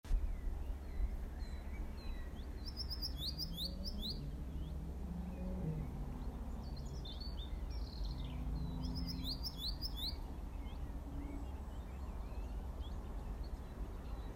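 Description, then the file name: Cirl bunting song, short bursts of quick, high, down-slurred notes over a steady low rumble. "zaunammer"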